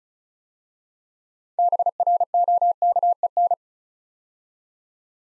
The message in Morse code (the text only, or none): BROKEN